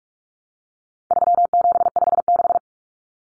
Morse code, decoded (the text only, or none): 3756